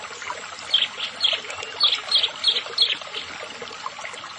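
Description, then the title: Bar-winged prinia song: a brief run of several high, clipped notes over a soft constant hiss. "Ciblek Sawah"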